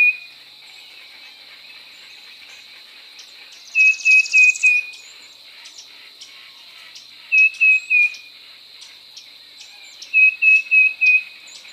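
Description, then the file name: Tufted titmouse singing three whistled phrases of three to four quick, even notes, roughly every three seconds, against a constant shrill insect hum and a brief buzzy burst. "baeolophus bicolor"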